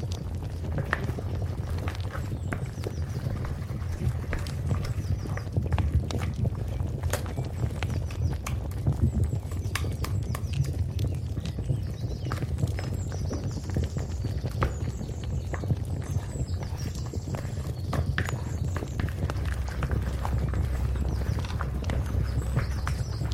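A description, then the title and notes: Medieval life ambience: steady low rumble under a constant patter of sharp clip-clop hoof knocks, irregular and dense, continuing throughout the clip. Medieval life ASMR Ambience.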